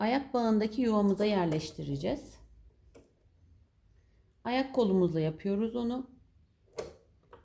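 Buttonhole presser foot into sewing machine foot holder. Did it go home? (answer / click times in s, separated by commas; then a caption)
yes / 6.8 s. Someone talks while a metal buttonhole presser foot is attached to the foot holder of a Janome TR2023 sewing machine by working the presser-foot lever. A sharp click at 6.8 s marks the foot snapping onto the shank, and it is seated.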